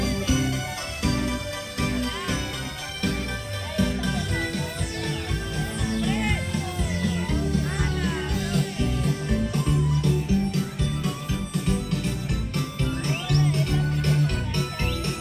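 Music from the Main Street Electrical Parade plays steadily throughout, with a bouncy low bass line and a bright, twinkling synth melody full of gliding notes. Short chiming, bell-like accents sparkle over the top, and the level stays full and even for the whole stretch.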